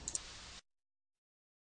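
Ink cartridges are pushed into the cartridge slots of a DTG printer, black first and then cyan, magenta and yellow. Two sharp, short clicks at 0.1 s and 0.2 s stand out over a steady hiss that stops abruptly at about 0.6 s, followed by silence. The cartridges click home and are seated.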